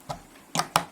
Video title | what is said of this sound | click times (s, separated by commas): PEPE JEANS CELEBRATE - UNBOXING & REVIEW (UNDERRATED FRAGRANCE) | right the cap is really really good clicks right into place and | 0.8 s